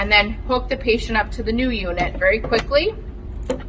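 Someone talks while the patient's chest tube tubing connector is handled at the port of a new Atrium Oasis dry suction chest drainage unit, about to be pushed in until it locks. Nothing has seated or clicked yet.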